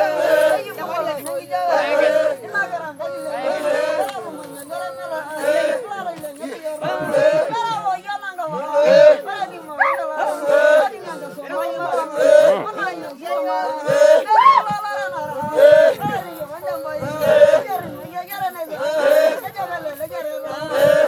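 A Masai jumping chant: many voices sing together in a steady, repeating pattern, with a low drone near one pitch and higher calls cutting in every couple of seconds. Loudness rises and falls in regular pulses throughout, with no break.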